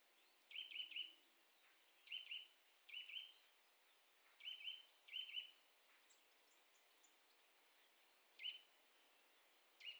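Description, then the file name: Eurasian nuthatch calls in brief clusters of one to three short notes, separated by irregular gaps, with light background hiss. "Sitta europaea"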